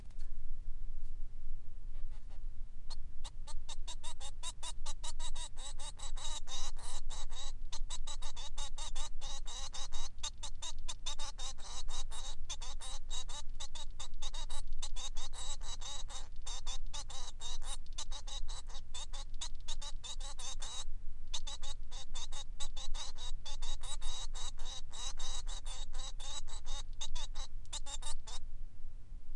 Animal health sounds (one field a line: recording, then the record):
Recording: song of a male Bengalese finch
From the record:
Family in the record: son of father 3